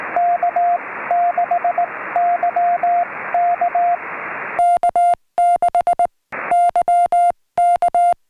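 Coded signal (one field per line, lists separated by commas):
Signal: Morse code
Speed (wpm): 18 wpm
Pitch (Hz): 700 Hz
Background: radio noise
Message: K6YK K6YK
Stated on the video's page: CW contacts made during a Summits on the Air activation on a volcanic cinder cone summit.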